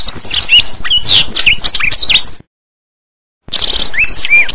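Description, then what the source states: Bird song: dense, fast twittering with rising and falling whistled slurs and buzzy trills, cut by a short silent gap before resuming. Masteran bird song used for training pet birds.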